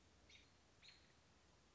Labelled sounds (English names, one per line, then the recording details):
American Robin
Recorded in Sonoma County, California